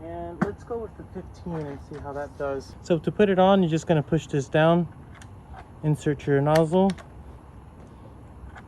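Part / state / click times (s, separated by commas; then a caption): spray nozzle into pressure washer wand quick-connect / not seated / none. The quick-connect collar on a SunJoe 2050 home pressure washer wand is pushed down while the "15" spray nozzle is inserted and lined up, as someone talks throughout. A brief faint tap comes near 5.2 s, but the nozzle has not clicked into place yet.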